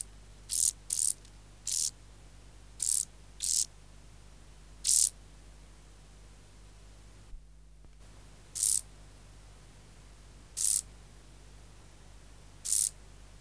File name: Chorthippus brunneus